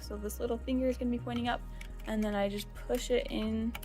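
A bobbin case is held by its tab with its little finger pointing up and pushed into the hook compartment of a Bernina B 335 sewing machine while someone talks. Only faint handling sounds are heard under the voice, and nothing has seated or clicked yet.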